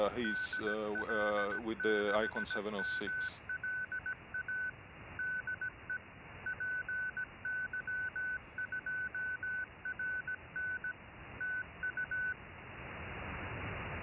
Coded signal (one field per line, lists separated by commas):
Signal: Morse code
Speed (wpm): 17 wpm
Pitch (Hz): 1500 Hz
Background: speech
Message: DL6MLA DE PY2RN TU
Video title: Making CW using SDR Console, Pluto SDR and FLDIGI